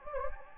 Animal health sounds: mosquito wingbeat signal from an infrared sensor; Anopheles gambiae

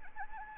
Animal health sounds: mosquito wingbeat signal from an infrared sensor; Anopheles gambiae

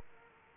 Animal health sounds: mosquito wingbeat signal from an infrared sensor; Aedes aegypti

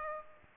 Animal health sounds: mosquito wingbeat signal from an infrared sensor; Culex pipiens

